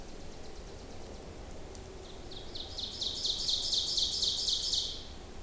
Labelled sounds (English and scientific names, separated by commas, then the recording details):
Ovenbird (Seiurus aurocapilla) song
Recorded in boreal forest in Alberta, Canada, on 26 May 2016 at 07:15
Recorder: SongMeter 3, array SBT-3-15
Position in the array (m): 41 m, 274 m
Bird 20